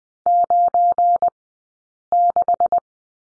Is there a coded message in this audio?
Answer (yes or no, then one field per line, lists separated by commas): yes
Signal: Morse code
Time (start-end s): 0.3-2.8 s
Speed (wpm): 20 wpm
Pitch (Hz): 700 Hz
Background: none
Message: 96